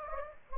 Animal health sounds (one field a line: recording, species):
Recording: mosquito wingbeat signal from an infrared sensor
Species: Anopheles gambiae